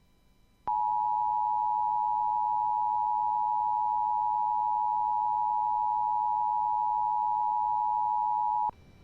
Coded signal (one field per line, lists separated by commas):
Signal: Emergency Alert System (SAME) tones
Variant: 853 and 960 Hz attention tone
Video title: NOAA Weather Radio Weekly Tests & a bonus LAE (EAS #1071-#1081)